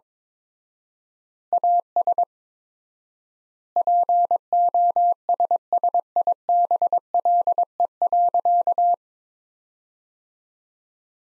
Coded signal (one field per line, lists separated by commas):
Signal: Morse code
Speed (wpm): 22 wpm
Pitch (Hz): 700 Hz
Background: none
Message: AS POSSIBLE.